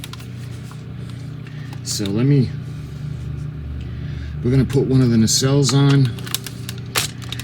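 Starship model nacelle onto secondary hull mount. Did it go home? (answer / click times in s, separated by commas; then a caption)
yes / 7.3 s. A warp nacelle on a plastic and metal FanHome Star Trek The Next Generation U.S.S. Enterprise D starship model is pushed onto its mount on the secondary hull while someone talks, with light taps and handling noises throughout. A sharp click at 7.3 s marks the nacelle seating firmly in place.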